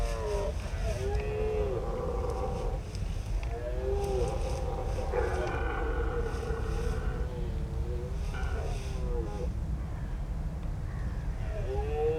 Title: Marais de Lavours -Béon, France - Brame diurne